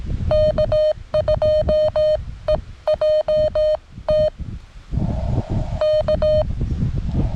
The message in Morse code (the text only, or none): K2EJT K